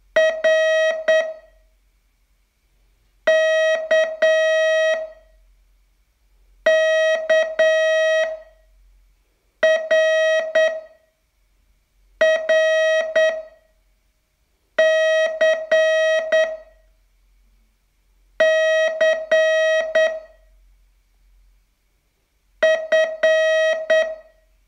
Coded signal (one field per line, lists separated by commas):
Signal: Morse code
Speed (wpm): 9 wpm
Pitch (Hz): 640 Hz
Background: none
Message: R K K R R C C F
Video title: Learn Morse in 42 Days from VU2LAU - day 28